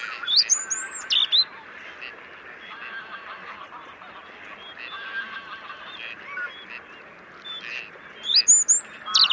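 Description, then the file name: European robin giving high, thin whistled phrases at the start and end, over continuous lower chattering calls. "Erithacus rubecula"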